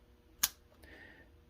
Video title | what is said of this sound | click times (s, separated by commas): Wen 6307 Belt Sander Review | going to push down on this post right here, and you're going to hear a click. | 0.4 s